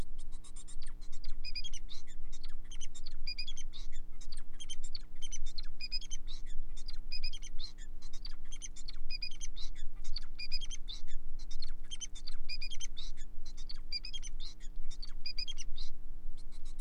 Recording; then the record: song of a male Bengalese finch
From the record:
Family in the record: son of father 4